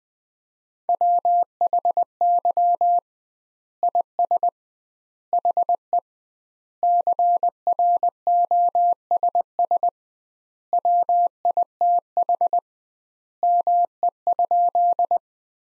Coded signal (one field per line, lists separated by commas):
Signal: Morse code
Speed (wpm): 20 wpm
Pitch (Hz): 700 Hz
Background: none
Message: WHY IS HE CROSS WITH ME?